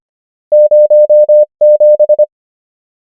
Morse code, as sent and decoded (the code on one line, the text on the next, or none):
----- / --...
0 7